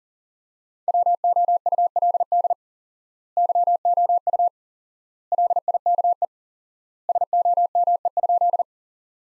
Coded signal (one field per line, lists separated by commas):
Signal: Morse code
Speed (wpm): 40 wpm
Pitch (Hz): 700 Hz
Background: none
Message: WOULD YOU LIKE SOME?